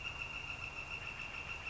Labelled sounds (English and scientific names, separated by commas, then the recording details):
Northern Flicker (Colaptes auratus)
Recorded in Sonoma County, California